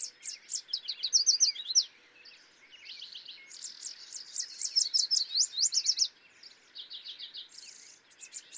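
Yellow warbler song: bright, rapid series of high notes in bursts, repeated several times.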